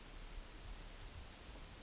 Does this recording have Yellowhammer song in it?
no